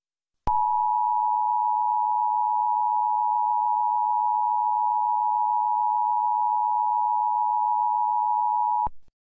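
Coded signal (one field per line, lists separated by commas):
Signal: Emergency Alert System (SAME) tones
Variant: 853 and 960 Hz attention tone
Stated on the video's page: Fictional, not real EAS alert tones interrupting a song.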